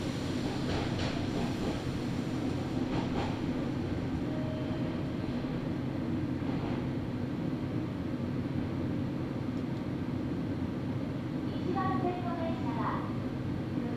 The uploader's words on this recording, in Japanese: ガタンゴトンの旅 名古屋鉄道 阿久比→内海 普通。